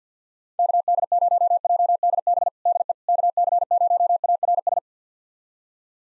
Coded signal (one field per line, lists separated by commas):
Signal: Morse code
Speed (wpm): 50 wpm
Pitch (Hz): 700 Hz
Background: none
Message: KD0JDB DE KC0ARS